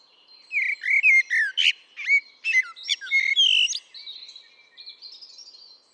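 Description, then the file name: Eurasian blackbird song: low fluted, warbling whistles that slide up and down, broken by high squeaky twitters over about three seconds, then faint bird notes. "Turdus merula"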